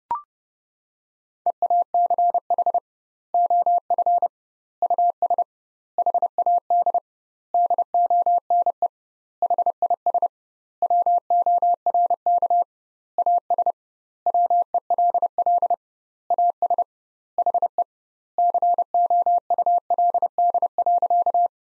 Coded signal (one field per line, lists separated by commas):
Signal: Morse code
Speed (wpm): 30 wpm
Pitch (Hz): 700 Hz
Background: none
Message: EACH OF US HAD DONE HIS WORK AS WELL AS HE COULD.